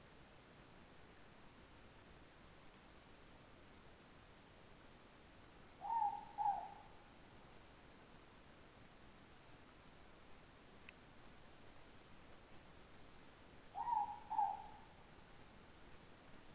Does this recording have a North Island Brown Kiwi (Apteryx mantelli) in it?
no